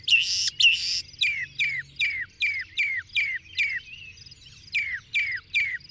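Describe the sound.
Bird song of two rough opening notes, then a series of falling, slurred whistles repeated roughly every half second over faint background twittering.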